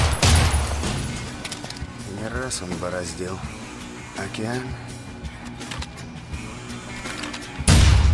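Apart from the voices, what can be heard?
pistol gunshots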